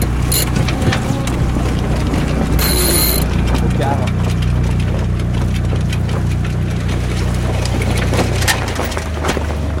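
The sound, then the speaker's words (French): A sailboat winch ratchets in quick, uneven bursts of clicks as the mainsail is hoisted in light wind off Cap Nègre, layered over a steady low engine drone that fades slightly toward the end as the engine revs are lowered. “Devant nous, le Cap Nègre un petit peu sur notre bâbord, on va directement dans la fosse, petit vent, on va mettre les voiles, arrêter le moteur, grand voile d'abord.”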